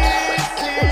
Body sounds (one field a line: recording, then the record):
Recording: coughing mixed with background sound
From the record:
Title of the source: choking, hacking coughing